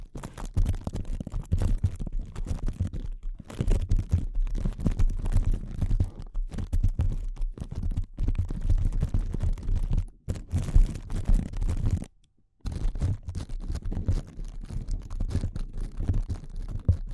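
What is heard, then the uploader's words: Delicate tapping runs in quick, dense bursts of soft scratchy taps with a low rumble underneath, pausing briefly near 3, 10 and 12 seconds. ASMR Delicate Tapping (No Talking).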